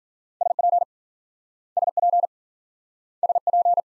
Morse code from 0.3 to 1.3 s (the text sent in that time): SP